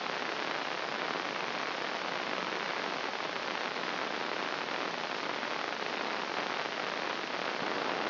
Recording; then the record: brain microelectrode recording played as sound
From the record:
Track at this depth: inside the subthalamic nucleus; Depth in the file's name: 1.539 mm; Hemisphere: left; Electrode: 2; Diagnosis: Parkinson's disease